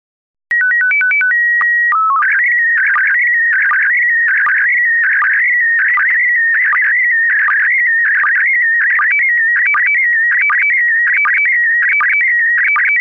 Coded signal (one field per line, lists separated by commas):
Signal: SSTV (slow-scan television)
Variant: PD 180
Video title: Daily Minutes, 16 december2018 (Nieuws (Engels) + meer dan 10 min. SSTV en data)